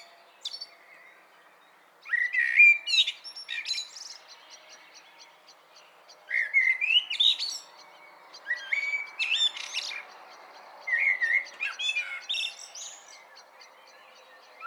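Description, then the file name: Common blackbird song of mellow whistled phrases, each ending in thin high twitters, several strophes after a quiet opening two seconds. "Turdus merula"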